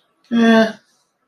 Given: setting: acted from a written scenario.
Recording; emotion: vocal sound without words; neutral